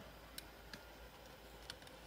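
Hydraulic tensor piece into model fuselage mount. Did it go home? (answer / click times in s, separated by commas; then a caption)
yes / 1.7 s. A plastic hydraulic tensor piece is fitted, thin end facing inward, into its mount on the fuselage of an X-wing model kit. Faint ticks of plastic handling sound at 0.4 s and 0.7 s over a low steady hiss. The piece seats with a sharp click at 1.7 s, followed by a softer tick just after.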